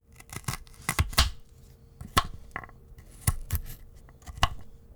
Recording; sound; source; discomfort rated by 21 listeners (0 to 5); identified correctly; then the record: sound for misophonia research; knife cutting; not oral or nasal; mean 0.95, standard deviation 0.77; in 35 of 42 trials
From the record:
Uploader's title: Cutting-carrot_dull-knife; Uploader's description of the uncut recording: Cutting of a carrot on a cutting board with a dull knife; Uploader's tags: board, carrot, cutting, dull, knife, vegetable